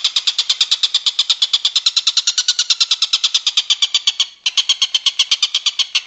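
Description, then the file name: Stork-billed kingfisher calling in fast, rasping repeated notes, with a brief gap late. "tengkek buto om andri"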